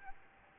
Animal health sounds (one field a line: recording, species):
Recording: mosquito wingbeat signal from an infrared sensor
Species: Aedes albopictus